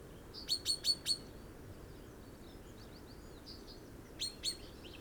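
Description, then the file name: Common chaffinch giving a quick run of sharp chinks, then two more near the end, with faint twittering in between against steady background noise. "Fringilla coelebs"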